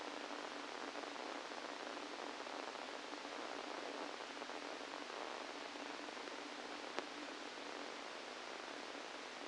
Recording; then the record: brain microelectrode recording played as sound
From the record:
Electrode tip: inside the subthalamic nucleus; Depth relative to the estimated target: -3 mm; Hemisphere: left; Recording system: NeuroSet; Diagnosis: Parkinson's disease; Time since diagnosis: 17 years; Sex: male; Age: 64 years